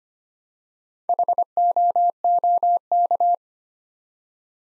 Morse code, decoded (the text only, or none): HOOK